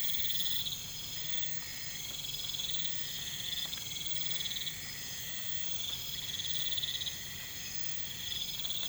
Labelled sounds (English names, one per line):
none